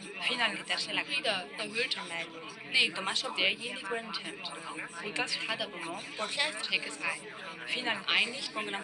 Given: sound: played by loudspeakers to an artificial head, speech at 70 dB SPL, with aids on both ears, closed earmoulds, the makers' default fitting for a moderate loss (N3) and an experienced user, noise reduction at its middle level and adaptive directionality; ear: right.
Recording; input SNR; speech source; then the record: speech test signal (ISTS) in cocktail-party noise; -6 dB; on the right (90 degrees)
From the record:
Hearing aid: class 2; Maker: I